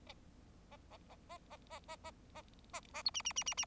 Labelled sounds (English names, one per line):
Bengalese Finch song